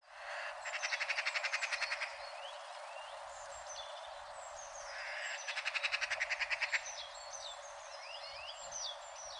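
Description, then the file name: Eurasian magpie chattering, two rapid rattling bursts of harsh repeated notes about five seconds apart, while other birds whistle thin rising and falling notes in the background. "Pica pica"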